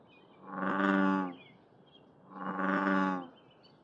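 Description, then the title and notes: American bullfrog booming twice, deep rich drones about a second long. Bullfrog in a noisy nature area of Seattle, Pacific Northwest, in the morning, with plane and road traffic; recorded with a parabolic reflector dish, light noise reduction and high-pass filter. "a bullfrog at the Union Bay Nature Area"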